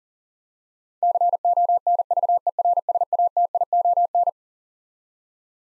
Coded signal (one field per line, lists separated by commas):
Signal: Morse code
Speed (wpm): 40 wpm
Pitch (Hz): 700 Hz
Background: none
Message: CONVERSATION